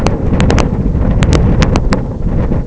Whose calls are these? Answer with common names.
none